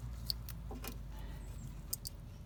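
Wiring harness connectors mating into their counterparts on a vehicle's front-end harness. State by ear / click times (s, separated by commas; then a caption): seated / 0.3 s, 1.9 s. During a harness repair on a crashed Rover L322, green (left) and yellow (right) plastic electrical connectors are pushed together into their counterparts on the vehicle's front-end harness. Sharp clicks land at 0.3 s and 1.9 s, with fainter ticks and handling rustle in between over a low steady hum. The connectors click in and are seated.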